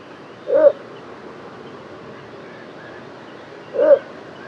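Little bittern call: two short, low, barking notes about three seconds apart over a steady background hiss.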